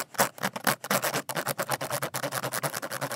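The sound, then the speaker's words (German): A graphite pencil rubs back and forth along zipper teeth, coating them to make the zipper run more easily, making a rapid series of dry, gritty scratches that quicken into a steady rhythm toward the end. No one speaks. “Man kann die Zähne sozusagen bleiern anmalen.”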